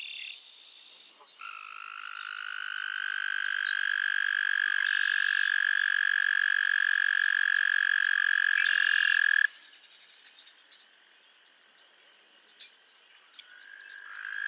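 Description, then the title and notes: Overlapping frog trills, two long steady trills sounding together for about eight seconds and cutting off, followed by quieter pulsing calls and a new trill starting. Chorus of frogs calling to one another on a summer evening at Miners Marsh, Annapolis Valley, Nova Scotia. "Theraphonia - Frogsong at Miners Marsh. A chorus of frogs croon to one another on an idyllic summer evening in Miners Marsh, Annapolis Valley, Nova Scotia"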